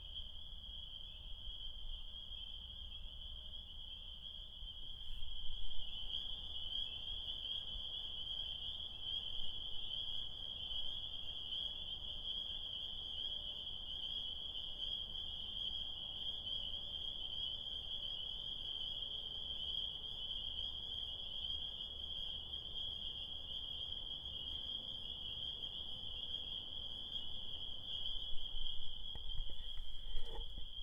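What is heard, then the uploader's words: A dense chorus of spring peepers trills on a spring night, a steady high-pitched ringing that never lets up. A low rumble sits underneath, the chorus swells slightly after five seconds, and a brief knock sounds near the end. Spring Peepers. Tiny frogs sing their desire on a spring night. Connecticut.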